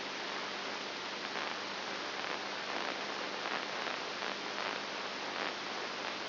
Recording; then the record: brain microelectrode recording played as sound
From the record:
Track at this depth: inside the subthalamic nucleus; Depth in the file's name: 6.1 mm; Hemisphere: right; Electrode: 2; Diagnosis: Parkinson's disease